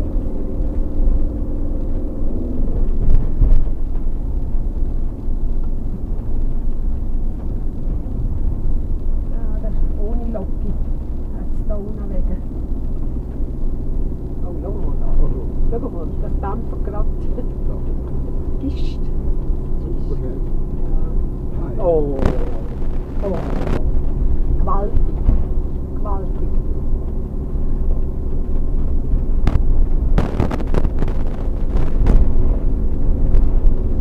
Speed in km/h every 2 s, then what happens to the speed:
31, 29, 31, 33, 33, 35, 35, 35, 35, 35, 35, 35, 35, 37, 37, 38, 40.
0-34 speeds up to 40.